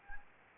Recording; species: mosquito wingbeat signal from an infrared sensor; Anopheles gambiae